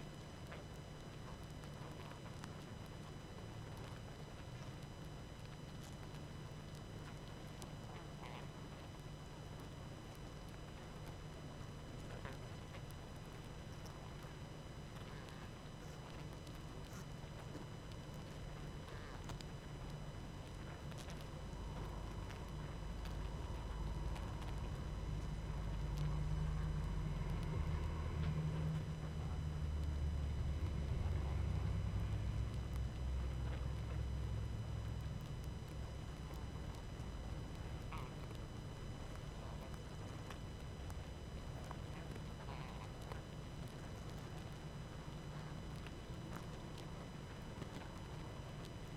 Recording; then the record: honeybee colony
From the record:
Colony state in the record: active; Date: 12 June 2018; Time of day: 20:17